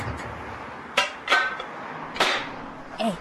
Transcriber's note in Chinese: sound of trunk opening, tools rattling, sound of car jack, etc